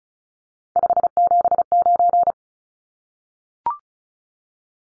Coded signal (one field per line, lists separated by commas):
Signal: Morse code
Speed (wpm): 34 wpm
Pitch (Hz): 700 Hz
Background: none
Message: 579